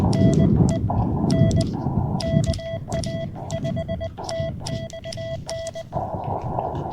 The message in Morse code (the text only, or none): NEN KA5TXN